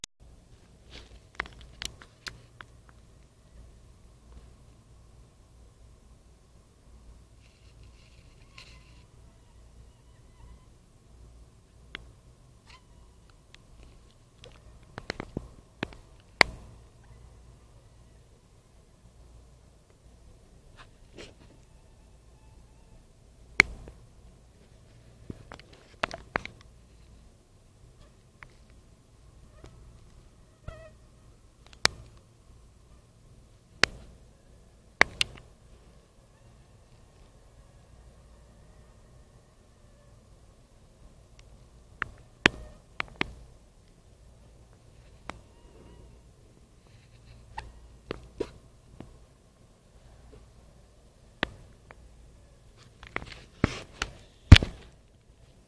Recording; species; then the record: mosquito flight sound by mobile phone; Anopheles minimus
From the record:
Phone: Nokia 5235